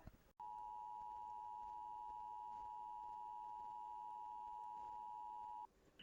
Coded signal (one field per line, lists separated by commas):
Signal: Emergency Alert System (SAME) tones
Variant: 853 and 960 Hz attention tone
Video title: Emergency Alert System - All types of activations compilation